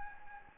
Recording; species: mosquito wingbeat signal from an infrared sensor; Anopheles gambiae